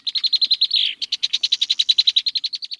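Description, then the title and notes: Red-winged Blackbird chatter: a rapid run of evenly spaced high notes, briefly broken by a slurred buzzy note, then continuing steadily. "The Red-winged Blackbird is the theme bird for this year’s Black Birders Week"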